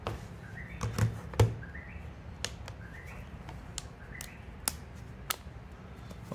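An iPad mini is pressed into a hard plastic back case. Its corners click into place one after another at 2.5, 3.8, 4.7 and 5.3 seconds, sharp short clicks over a low background rumble with a few fainter knocks and rising chirp-like squeaks in between. The tablet ends up seated, and the clicks are heard as clean clicks rather than snaps.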